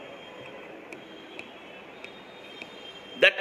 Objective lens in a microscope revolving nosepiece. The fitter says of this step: click sound confirm that objective is in proper position. Okay.